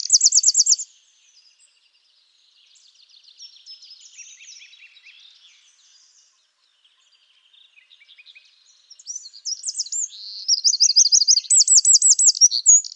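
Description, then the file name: Eurasian wren song, a short high trill at the start, a long stretch of faint twittering, then a renewed fast, loud burst of rolling trills. "Troglodytes troglodytes"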